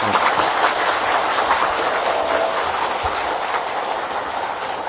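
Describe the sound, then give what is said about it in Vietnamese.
Sustained applause from a large crowd at a Buddhist dharma assembly, a dense steady wash of many hands clapping at once, loud and even throughout with no voices rising above it. “Toàn thể đạo tràng cho một tràng pháo tay.”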